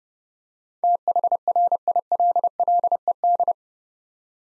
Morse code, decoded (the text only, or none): THRILLED